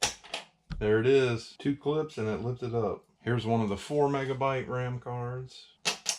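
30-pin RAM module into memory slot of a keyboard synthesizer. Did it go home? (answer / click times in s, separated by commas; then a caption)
no / none. A 4-megabyte 30-pin memory card (SIMM) is handled over its slot on the board of an Ensoniq TS-12 / TS-10 keyboard synthesizer, where metal retaining clips are meant to catch it. Someone talks throughout, with short sharp clicks near the start and the end. Nothing has seated or clicked into place yet.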